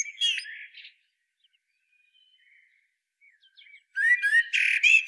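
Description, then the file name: Common blackbird: a short warbled burst at the start, near silence, then a loud phrase of fluty notes and harsh high twitters at the end. "Turdus merula"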